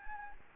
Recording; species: mosquito wingbeat signal from an infrared sensor; Anopheles gambiae